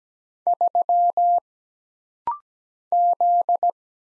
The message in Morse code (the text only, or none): 3 Z